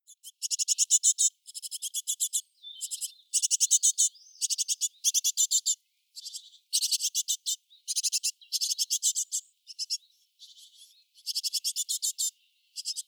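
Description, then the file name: Great tit harsh calls: bursts of rapid buzzy rattling notes following each other with brief gaps, some softer between. "Parus major"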